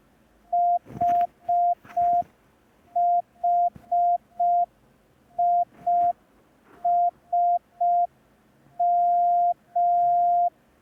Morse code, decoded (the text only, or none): HHISM